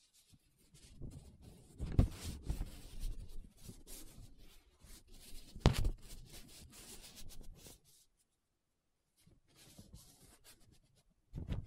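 Paper being traced, scratched and rubbed in irregular strokes, dense scratchy rustling for most of the first eight seconds with sharp louder scrapes near 2 and 5.7 seconds. A short pause follows, then quieter rubbing resumes, ending on a sudden louder scrape.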